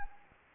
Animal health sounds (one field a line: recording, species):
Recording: mosquito wingbeat signal from an infrared sensor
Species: Anopheles arabiensis